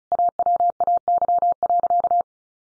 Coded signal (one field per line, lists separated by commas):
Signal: Morse code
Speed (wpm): 34 wpm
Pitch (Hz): 700 Hz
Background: none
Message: AWAY.